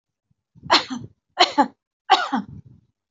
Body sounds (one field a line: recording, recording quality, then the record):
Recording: shallow voluntary cough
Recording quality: excellent, no background noise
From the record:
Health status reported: healthy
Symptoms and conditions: none ticked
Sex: female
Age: 56 years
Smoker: not ticked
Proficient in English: yes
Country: India